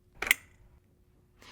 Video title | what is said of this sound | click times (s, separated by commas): Invacare® I-Lift™ Series Lifts: How to Operate | Then, push it away from you until you hear it click into place. | 0.2 s, 0.3 s